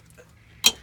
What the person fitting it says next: This section moves out by making a click. It clicks out like that and we move it.